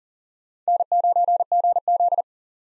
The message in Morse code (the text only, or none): N9GZ